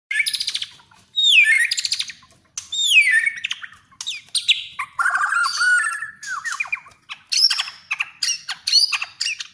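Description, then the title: Oriental magpie-robin song of high, sliding whistled notes falling in pitch, mixed with quick chirps and twittering in loose phrases. "kacer"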